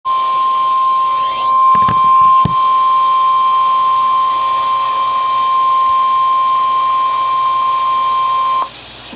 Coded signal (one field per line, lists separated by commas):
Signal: Emergency Alert System (SAME) tones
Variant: 1050 Hz attention tone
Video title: Severe Thunderstorm Warning Texas Noaa Weather Radio Station WXK 38 Amarillo TX 6/25/26